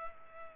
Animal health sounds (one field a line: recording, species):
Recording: mosquito wingbeat signal from an infrared sensor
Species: Culex pipiens